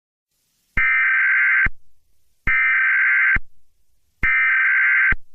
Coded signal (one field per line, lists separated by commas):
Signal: Emergency Alert System (SAME) tones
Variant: header bursts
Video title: Zombie outbreak eas